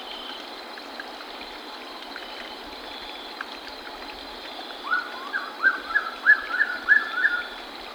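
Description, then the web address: Lyre-tailed nightjar giving about eight quick, upslurred liquid notes in a run late, after several seconds of steady background noise. Ecuador. "Birds of Ecuador. Lyre-Tailed Nightjar"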